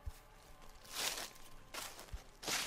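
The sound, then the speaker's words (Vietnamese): A few slow, quiet footsteps, about three soft scuffing steps spaced unevenly, with a couple of low thuds underneath and no voices. The footsteps are on a muddy dirt path at night, behind a woman walking with a torch. “Đang rảo bước sắp đến dãy ngô thì bà lành chợt nghe có tiếng bước chân ở đằng sau lưng.”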